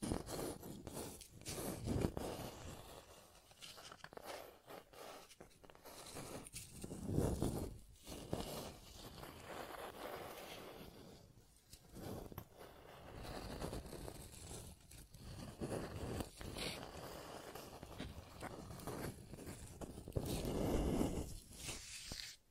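Scratching and tracing sounds, a rough scraping texture that rises and falls in strokes, with louder, fuller passes around 2, 7, 12 and 21 seconds. Between strokes it thins to softer rubbing, and quick gritty bursts punctuate the steady motion throughout.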